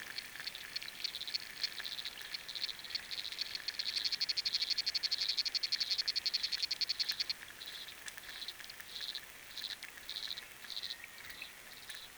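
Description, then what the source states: Frog calling underwater, rapid pulsed trills in bursts, one long fast rattling run in the middle, then shorter repeated bursts, over a steady hiss of rain. Recorded underwater with a hydrophone; rain and wind also heard.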